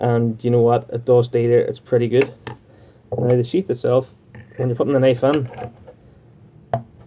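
Someone talks while holding a Morakniv Companion fixed-blade outdoor knife and its hard plastic sheath. The blade is then pushed into the sheath and snaps into place with a single sharp click at 6.7 s, and the knife is seated.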